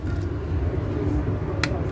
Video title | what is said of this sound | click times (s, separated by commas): How To Repair Samsung Mobile | small Clips clicking in there thank you just | 1.6 s